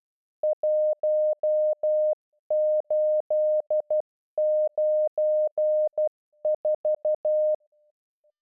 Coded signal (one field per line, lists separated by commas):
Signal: Morse code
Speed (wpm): 12 wpm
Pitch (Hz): 610 Hz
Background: none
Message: 1894